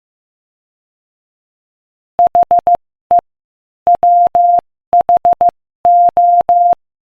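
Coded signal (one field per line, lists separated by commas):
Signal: Morse code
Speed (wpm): 15 wpm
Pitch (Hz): 700 Hz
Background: none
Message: HE WHO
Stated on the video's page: Morse code practice at 15 wpm, sending inspirational quotations.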